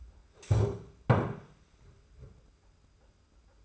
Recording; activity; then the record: daily activity, microphone in the room; stand up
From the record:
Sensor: 2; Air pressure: 991.5 hPa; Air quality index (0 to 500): 170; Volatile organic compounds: 1000 ppm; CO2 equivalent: 5476 ppm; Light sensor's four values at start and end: 28/87/34/32 and 26/81/32/30